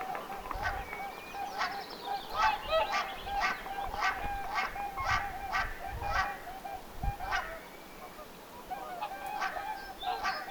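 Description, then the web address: Whooper swans trumpeting in a flock, loud bugling honks repeated many times, briefly easing off near the end. Apparently young whooper swans calling on the shore in summer, 1 June 2025. "paivat 1 6 2025 laulujoutsenten aantelya kesalla ilmeisten nuorten rannalla"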